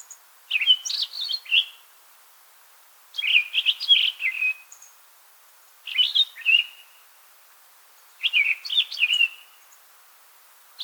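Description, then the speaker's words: Townsend's Solitaire singing bright, tumbling warbled phrases of fast varied notes, four bursts spaced roughly every two and a half seconds in a quiet setting. Quiet fall morning in the Sierra Nevada, California, with wind in the trees and few birds vocal; a spontaneous burst of song lasting half a minute. "Out of the quiet, the whistled calls of a Townsend solitaire started up, soon followed by a spontaneous burst of song"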